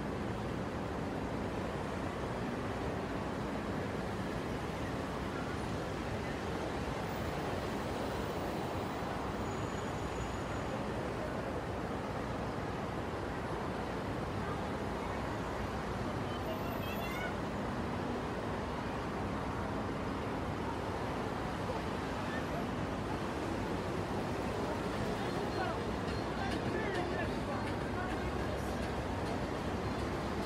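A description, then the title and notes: Heavy traffic on a bridge makes a dense, steady roar of low rumble, with faint voices and brief higher squeals around the middle. Soundscape of Brooklyn Bridge in New York City. It was already after 10pm on Saturday night, but the traffic was still heavy on the bridge. In this recording, you can feel the summer night of Brooklyn, NY.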